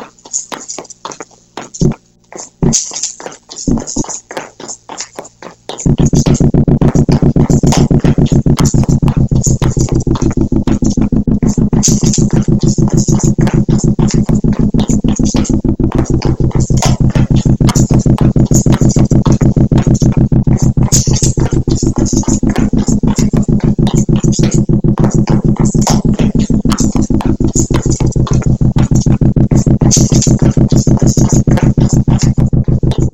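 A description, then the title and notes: Tap dancing with coins jingling in a pocket. Sparse, separate taps and clinks open the first six seconds, then a dense, loud flurry of rapid steps takes over and runs steadily to the end, with bright metallic jingling on top and a sweeping, swirling tone underneath. Tapdance With Coins In Pocket. I recorded myself dancing with coins in my pocket and then mixed it liked this.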